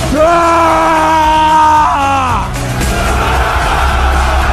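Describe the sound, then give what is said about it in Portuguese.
A crowd of men in an audience shouts loudly together, answering a speaker's call for their shout, holding one long, sustained yell for about two seconds before it dissolves into a rough, noisy roar of mixed voices. “e eles vão retribuir com o grito deles.”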